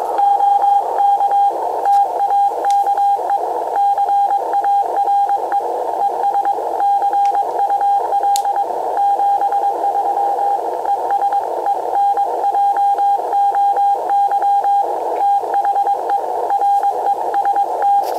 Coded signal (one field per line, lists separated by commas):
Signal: Morse code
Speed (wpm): 22 wpm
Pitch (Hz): 800 Hz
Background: radio noise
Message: OK TAKE CARE ES CUL 73 ES ENJOY THE REST